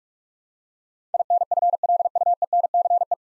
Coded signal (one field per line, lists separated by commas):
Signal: Morse code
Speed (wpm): 46 wpm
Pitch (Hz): 700 Hz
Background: none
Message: INFLUENCE